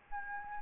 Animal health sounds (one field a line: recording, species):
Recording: mosquito wingbeat signal from an infrared sensor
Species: Anopheles gambiae